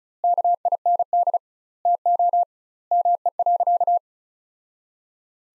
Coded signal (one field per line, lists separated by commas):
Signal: Morse code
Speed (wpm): 36 wpm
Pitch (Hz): 700 Hz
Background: none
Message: KIND TO ME.